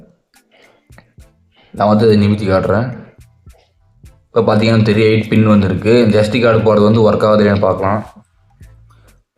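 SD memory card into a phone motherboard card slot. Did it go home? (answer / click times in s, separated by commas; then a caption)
yes / 8.9 s. After a bent pin in the SD card slot of an old phone motherboard is straightened, a memory card is pushed into the push-push slot while someone talks over background music. A short click at 8.9 s marks the card locking into place, and the slot works.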